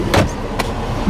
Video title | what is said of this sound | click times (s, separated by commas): *SOLD* 2017 Mercedes-Benz GLC 43 AMG Walkaround, Start up, Tour and Overview | nut makes a good satisfying click into place and | 0.1 s